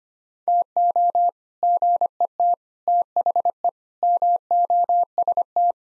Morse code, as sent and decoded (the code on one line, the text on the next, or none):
- --- / --. . - / - .... . / -- --- ... -
TO GET THE MOST